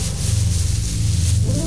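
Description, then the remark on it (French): Tobacco is rubbed and rolled in rolling paper between fingers, making a continuous soft, dry crackling rustle over a low steady hum, with no talking. “Le tabac.”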